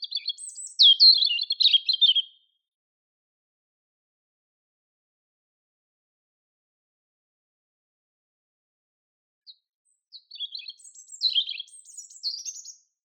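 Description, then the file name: European robin song in two bursts: a short jumbled twittering phrase at the start, then a long pause, then a second high scratchy, warbling phrase near the end. "Erithacus rubecula"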